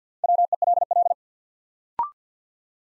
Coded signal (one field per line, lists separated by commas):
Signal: Morse code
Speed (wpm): 50 wpm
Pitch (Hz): 700 Hz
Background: none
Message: WELL